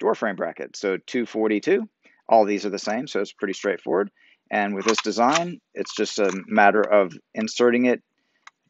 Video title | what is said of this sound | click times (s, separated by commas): Thule EVO Clamp WingBar EVO Base Roof Rack Full Assembly and Installation | right up underneath this metal bracket and then press until you feel it click and it's definitely engaged there | 8.5 s